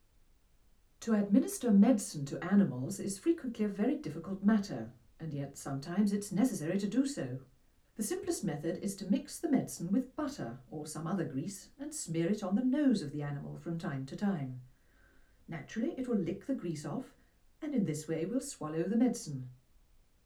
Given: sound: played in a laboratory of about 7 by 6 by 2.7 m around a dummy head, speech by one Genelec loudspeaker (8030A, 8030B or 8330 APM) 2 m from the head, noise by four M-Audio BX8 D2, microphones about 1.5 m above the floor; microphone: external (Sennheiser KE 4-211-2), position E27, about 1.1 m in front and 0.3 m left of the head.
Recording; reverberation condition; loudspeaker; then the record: female speech in English; low; 120 degrees to the right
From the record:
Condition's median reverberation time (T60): about 310 ms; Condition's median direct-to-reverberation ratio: about 3.5 dB